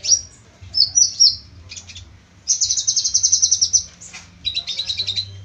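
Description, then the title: Small bird singing high chirps and short whistled notes, then a fast rattling trill and a lower buzzy trill phrase. "Burung Kecil"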